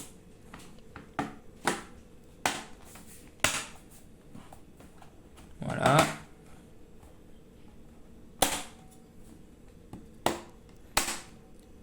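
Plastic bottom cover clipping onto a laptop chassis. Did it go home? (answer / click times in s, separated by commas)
yes / 2.5 s, 3.4 s, 8.4 s, 11.0 s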